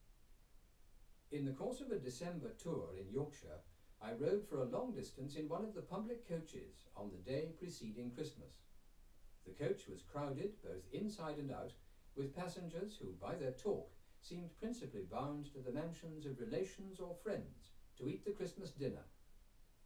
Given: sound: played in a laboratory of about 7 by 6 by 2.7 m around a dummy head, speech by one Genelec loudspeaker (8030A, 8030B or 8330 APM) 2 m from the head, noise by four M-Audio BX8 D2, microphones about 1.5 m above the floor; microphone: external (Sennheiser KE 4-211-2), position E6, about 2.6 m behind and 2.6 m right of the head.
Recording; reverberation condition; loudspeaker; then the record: male speech in English; low; 30 degrees to the right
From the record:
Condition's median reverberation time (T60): about 310 ms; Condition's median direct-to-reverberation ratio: about 3.5 dB